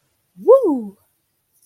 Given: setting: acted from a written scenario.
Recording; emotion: vocal sound without words; triumph